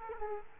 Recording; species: mosquito wingbeat signal from an infrared sensor; Culex quinquefasciatus